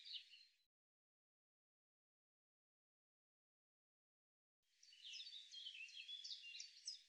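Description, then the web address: Eurasian blue tit calls: a brief burst of high, thin chirps, then several seconds of silence, then a busy run of quick, high, scratchy notes and trills. "cianscape birddata Deverinetal 2025 File cleaned normalized Bird Cy Ca"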